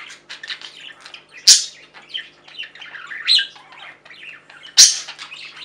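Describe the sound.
Budgerigar chatter, a continuous warbling stream of scratchy notes broken by two loud sharp squawks.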